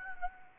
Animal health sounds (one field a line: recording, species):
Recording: mosquito wingbeat signal from an infrared sensor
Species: Anopheles gambiae